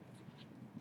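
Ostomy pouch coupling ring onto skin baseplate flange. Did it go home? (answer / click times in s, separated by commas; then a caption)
no / none. A two-piece ostomy pouch's plastic coupling ring is being pressed onto the skin baseplate flange, worked from bottom to top. Only faint, low handling and rustling is heard over a steady background. Nothing has seated or clicked yet.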